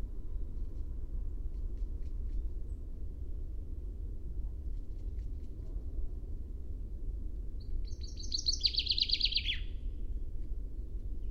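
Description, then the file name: Common chaffinch singing one quick phrase near the end: a fast run of high notes that drops into a lower closing flourish, over a constant low rumble with faint clicks. "Fringilla coelebs"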